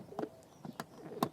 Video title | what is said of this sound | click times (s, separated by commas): Carphone Installation | that just fits in nicely. Clicks and locks into place. | 0.8 s, 1.2 s